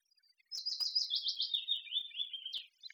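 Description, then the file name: Eurasian blackcap giving a fast, continuous warbling run of high notes that slowly slides lower for about two seconds, in an otherwise quiet background. "Sylvia atricapilla"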